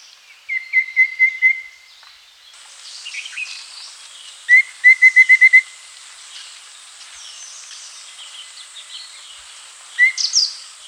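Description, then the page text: Rufous-fronted babbler singing three short runs of level, piping whistles, the first two of five or six notes and the last of about three, with soft chatter of other birds between. "Rufous-Fronted Babbler Song. Quick Sounds"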